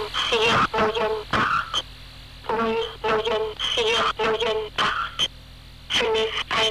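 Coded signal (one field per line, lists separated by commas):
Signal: numbers station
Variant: G02 Swedish Rhapsody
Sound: a voice reading short spoken words in evenly spaced groups with brief pauses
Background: radio static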